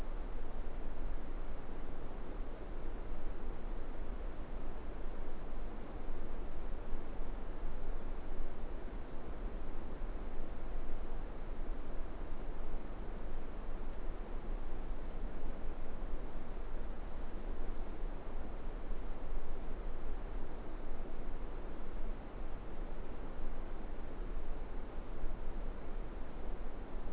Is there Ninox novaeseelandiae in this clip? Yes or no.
no